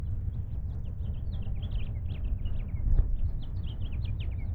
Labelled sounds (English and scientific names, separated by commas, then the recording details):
House Finch (Haemorhous mexicanus) song
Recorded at Oak Beach on Long Island, New York, on 21 May 1975
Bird A